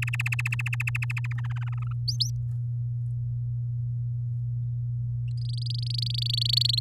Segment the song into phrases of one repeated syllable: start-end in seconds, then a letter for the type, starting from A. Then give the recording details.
0.02-1.40 A, 1.44-1.93 B, 2.08-2.30 C, 5.37-6.79 D. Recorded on 11 May 2018 at 06:16. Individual llb16